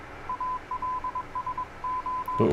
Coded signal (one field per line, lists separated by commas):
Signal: Morse code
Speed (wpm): 21 wpm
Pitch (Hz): 1010 Hz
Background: none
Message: ALSO